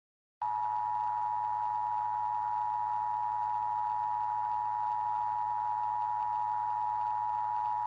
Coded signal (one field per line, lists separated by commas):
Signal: Emergency Alert System (SAME) tones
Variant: 853 and 960 Hz attention tone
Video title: EAS Scenario 2: The Moaning Virus